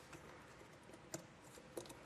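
A Curt T-Connector four-pole trailer wiring harness plug is handled at the factory rear wiring plug of a 2025 Chevrolet Equinox EV, with the dummy cap removed, before it is pushed in. Soft handling noise is broken by brief sharp taps around 1.1 and 1.8 seconds, with smaller ones trailing toward the end. Nothing has seated or clicked yet.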